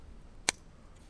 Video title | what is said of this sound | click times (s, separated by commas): Installing Wiper Blades on a BMW or MINI | snap it to the blade | 0.5 s